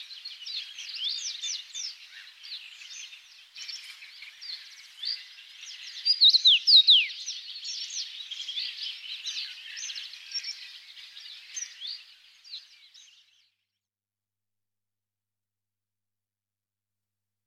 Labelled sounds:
Common Rosefinch (Carpodacus erythrinus) song

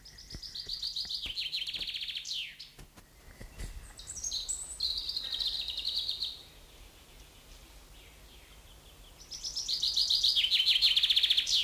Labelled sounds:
Common Chaffinch (Fringilla coelebs) song

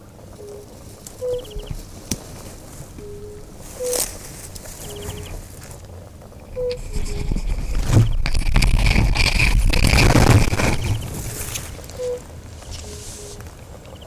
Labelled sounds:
Fire-Bellied Toad (Bombina bombina) call

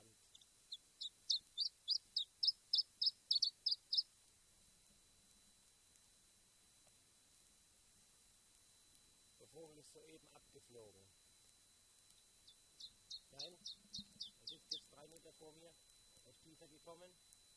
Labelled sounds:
Iberian Chiffchaff (Phylloscopus ibericus)

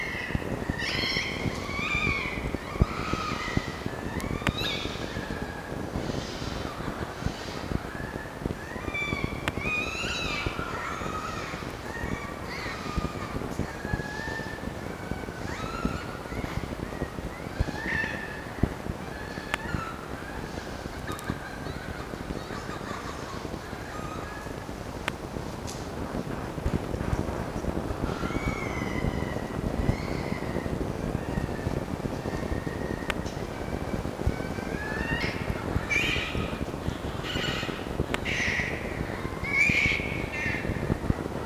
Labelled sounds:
Red Fox (Vulpes vulpes)

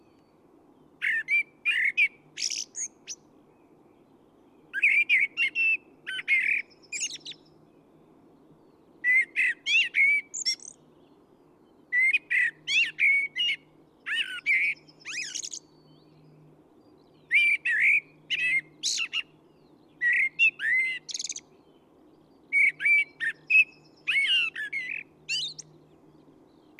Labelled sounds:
Common Blackbird (Turdus merula) song

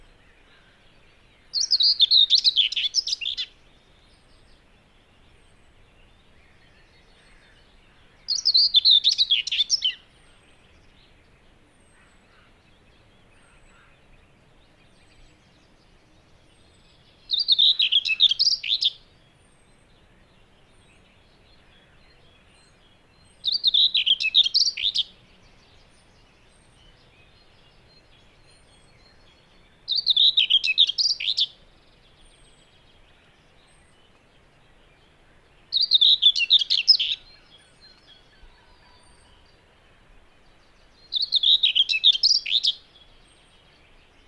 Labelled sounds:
Common Whitethroat (Sylvia communis) song

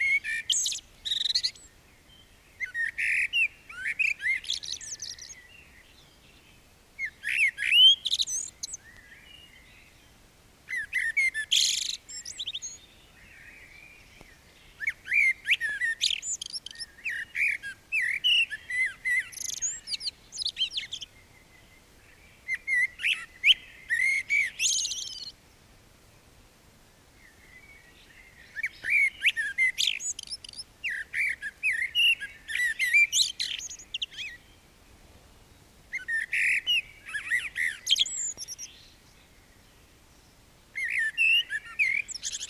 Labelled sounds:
Common Blackbird (Turdus merula) song

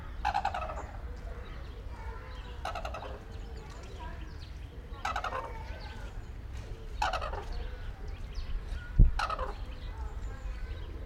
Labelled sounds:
Red-crowned Crane (Grus japonensis)

